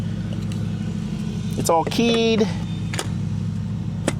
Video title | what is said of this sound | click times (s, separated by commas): No Screws, No Nails.. Our DIY "Emergency" Camping Bed Build - 2020 Nissan NV200 Tiny Camper Van | till it clicks, and then just push the button. | 4.1 s